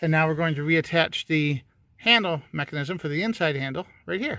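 On a 2007 Kia Rio, the inside door handle mechanism, a plastic handle assembly on its cable, is being handled for reattachment to its mount in the car door's inner panel during a door latch and cable replacement to fix a broken inside door handle. Someone talks throughout, and no distinct sudden sounds stand out. Nothing has seated or clicked yet.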